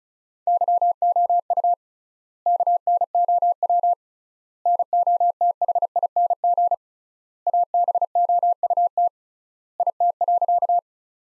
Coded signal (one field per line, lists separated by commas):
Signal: Morse code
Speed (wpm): 36 wpm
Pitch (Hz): 700 Hz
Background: none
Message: YOU KNOW NOTHING ABOUT IT.